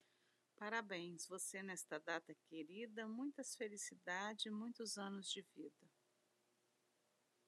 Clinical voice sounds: short text; Brazilian Portuguese; female; 50 to 59 years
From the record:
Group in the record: control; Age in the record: 56 years

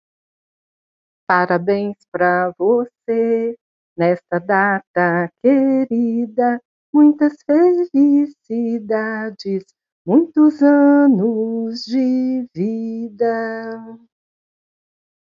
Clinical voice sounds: short text; Brazilian Portuguese; female; 60 to 69 years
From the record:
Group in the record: control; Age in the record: 60 years

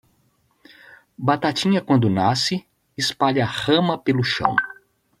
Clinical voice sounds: short text; Brazilian Portuguese; male; 50 to 59 years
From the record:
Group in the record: control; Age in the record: 51 years

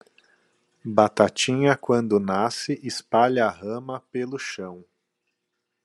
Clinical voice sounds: short text; Brazilian Portuguese; male; 30 to 39 years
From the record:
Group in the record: control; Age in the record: 36 years

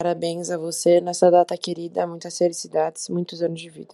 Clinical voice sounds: short text; Brazilian Portuguese; female; 20 to 29 years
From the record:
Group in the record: control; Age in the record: 23 years

